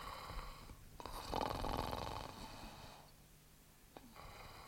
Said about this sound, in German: Lächerlich, dieses Schnarchen. Dieser massige Hals, die verwelkte Fratze. Aber es ist ein Mensch. Er atmet.